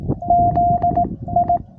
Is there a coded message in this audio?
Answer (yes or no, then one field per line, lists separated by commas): yes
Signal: Morse code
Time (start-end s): 0.3-1.6 s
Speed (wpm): 18 wpm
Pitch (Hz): 690 Hz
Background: none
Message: ZI